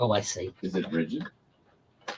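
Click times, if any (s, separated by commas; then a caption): 2.1 s. Someone talks as a USB-C cable box is slid up on the base housing of a Bambu Lab A1 3D printer. After a quiet pause, a short, sharp click at 2.1 s marks the USB-C plug seating in its socket.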